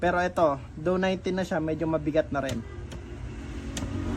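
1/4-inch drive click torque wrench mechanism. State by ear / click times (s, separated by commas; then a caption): torque reached / 3.8 s. A 1/4-inch drive click torque wrench set to 19 is pulled until it breaks at its setting while someone talks. After the talking stops, a faint, soft click is heard at 3.8 s.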